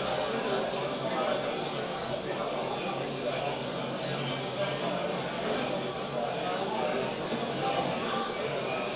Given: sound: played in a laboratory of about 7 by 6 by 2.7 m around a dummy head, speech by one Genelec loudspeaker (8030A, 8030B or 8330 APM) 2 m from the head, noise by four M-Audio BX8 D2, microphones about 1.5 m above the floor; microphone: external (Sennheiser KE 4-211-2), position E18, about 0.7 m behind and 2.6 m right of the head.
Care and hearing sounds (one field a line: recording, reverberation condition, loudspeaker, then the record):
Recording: cafeteria noise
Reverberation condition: medium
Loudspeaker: four, about 170 cm from the corners of the room and facing them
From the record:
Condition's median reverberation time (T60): about 510 ms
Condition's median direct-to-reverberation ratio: about -0.5 dB